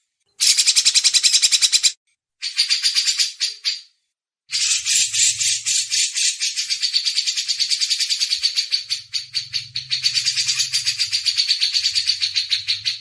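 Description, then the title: Grey-cheeked bulbul chattering in rapid buzzy pulses, two short bursts then a long continuous run, with a faint low hum at times. Masteran audio used as tutor recording for training cage birds. "MASTERAN CUCAK JENGGOT"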